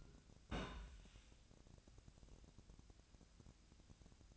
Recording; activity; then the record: daily activity, microphone in the room; place on stove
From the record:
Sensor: 2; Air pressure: 1009.8 hPa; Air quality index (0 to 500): 179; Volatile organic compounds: 10 ppm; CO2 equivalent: 2242 ppm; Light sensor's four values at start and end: 32/79/33/37 and 32/78/33/37